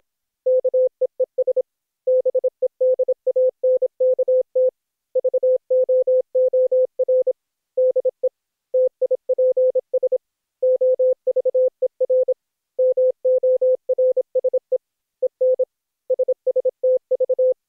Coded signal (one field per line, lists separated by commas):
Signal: Morse code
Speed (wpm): 26 wpm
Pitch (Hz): 510 Hz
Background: none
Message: KEES BEDANKT VOOR DE TIPS OVER MORSE EN SSTV